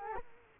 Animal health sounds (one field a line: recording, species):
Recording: mosquito wingbeat signal from an infrared sensor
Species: Culex quinquefasciatus